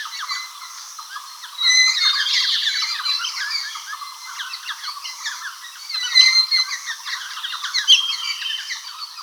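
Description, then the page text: White-cheeked laughingthrush flock call, a loud burst of harsh squeaky chatter from many birds, with thin whistled notes mixed into the din. "White-Cheeked Laughingthrush Flock Call - Quick Sounds"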